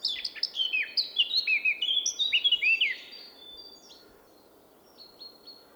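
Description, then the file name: Eurasian blackcap song: a fast warbling burst of varied high whistled notes and chirps for about three seconds, then fading to faint scattered notes over steady background hiss. "Sylvia atricapilla"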